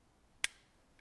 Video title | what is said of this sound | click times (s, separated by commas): Lenny Magill Introduces The New, "Non Adjustable" Pyramid Trigger | once you get it started you're gonna hear a nice little click here when it snaps into place | 0.4 s